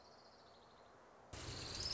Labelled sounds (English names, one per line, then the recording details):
Orange-crowned Warbler
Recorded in Sonoma County, California